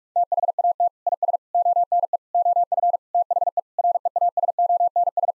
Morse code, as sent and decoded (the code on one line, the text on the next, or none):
- .... .- - / .. ... / --- -. . / --- ..-. / - .... . / .-. . .- ... --- -. ...
THAT IS ONE OF THE REASONS